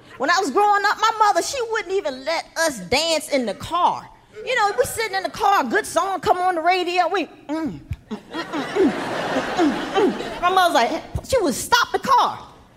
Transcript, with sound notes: When I was growing up, my mother, she wouldn't even let us dance in the car. You know, we'd be sitting in the car. A good song would come on the radio. We'd...
(LAUGHTER)
My mother's, like - she would stop the car.